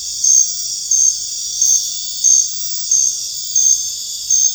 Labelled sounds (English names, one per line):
none